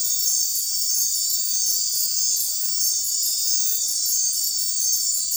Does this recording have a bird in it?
no